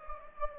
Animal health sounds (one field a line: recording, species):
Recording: mosquito wingbeat signal from an infrared sensor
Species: Anopheles gambiae